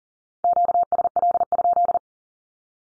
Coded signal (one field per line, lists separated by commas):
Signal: Morse code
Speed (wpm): 40 wpm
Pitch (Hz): 700 Hz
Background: none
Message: QSL?